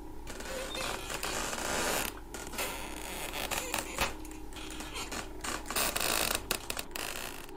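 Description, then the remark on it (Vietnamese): A rocking chair with no one sitting in it rocks back and forth by itself, creaking and grinding against the earthen floor in a steady rhythm, with raspy, uneven scrapes broken by brief pauses. No one speaks. “Nó bắt đầu đưa qua đưa lại, nghiến xuống nền đất, vặn vẹo phát ra những âm thanh cọt cả cọt kẹt.”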